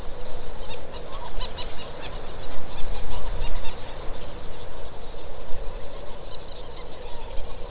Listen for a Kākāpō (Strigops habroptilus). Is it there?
no